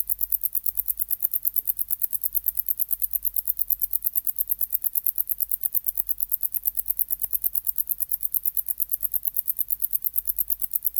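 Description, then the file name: Wart-biter song: regular, crisp high-pitched ticking running throughout, over a constant low hum. "Decticus verrucivorus"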